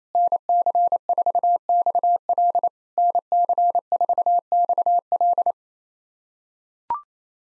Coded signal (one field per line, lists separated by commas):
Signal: Morse code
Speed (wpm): 26 wpm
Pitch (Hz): 690 Hz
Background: none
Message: NC4XL NC4XL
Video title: POTA QSO Practice - 28wpm